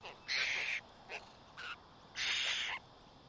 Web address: Sound Effects-Foundation. BIRD APOSTLE BIRD CALL